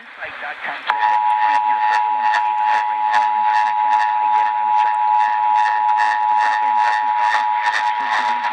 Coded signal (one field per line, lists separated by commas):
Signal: Emergency Alert System (SAME) tones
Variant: 853 and 960 Hz attention tone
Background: speech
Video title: NEW DXING RADIO PUT TO USE - DC Required Monthly Test (02/23/2022) - EAS #28